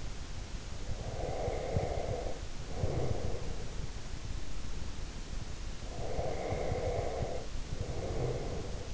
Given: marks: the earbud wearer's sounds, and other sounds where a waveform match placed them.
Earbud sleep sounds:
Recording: sounds in sleep by an in-ear microphone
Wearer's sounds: breath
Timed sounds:
0.89-3.75 s: breath
5.83-8.94 s: breath

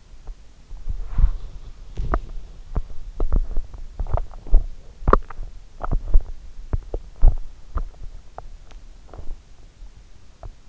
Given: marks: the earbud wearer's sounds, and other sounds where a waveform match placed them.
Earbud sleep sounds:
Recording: sounds in sleep by an in-ear microphone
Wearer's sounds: body movement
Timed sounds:
0.00-10.69 s: body movement

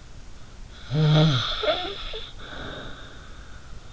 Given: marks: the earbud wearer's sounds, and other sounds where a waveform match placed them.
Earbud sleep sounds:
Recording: sounds in sleep by an in-ear microphone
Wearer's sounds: snoring breath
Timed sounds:
0.83-3.79 s: snoring breath

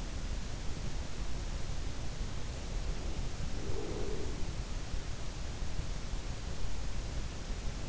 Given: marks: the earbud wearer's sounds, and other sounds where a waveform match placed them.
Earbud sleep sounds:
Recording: sounds in sleep by an in-ear microphone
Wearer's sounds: breath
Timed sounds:
3.53-4.79 s: breath

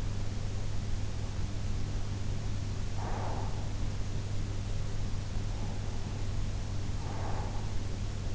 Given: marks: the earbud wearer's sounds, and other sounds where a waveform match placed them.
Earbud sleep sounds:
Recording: sounds in sleep by an in-ear microphone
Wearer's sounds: breath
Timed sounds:
2.84-3.87 s: breath
5.47-7.74 s: breath

